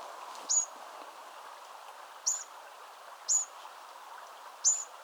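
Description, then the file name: Eurasian wren calls: four sharp, high, clipped ticks at uneven intervals over a faint steady hiss. "Troglodytes troglodytes"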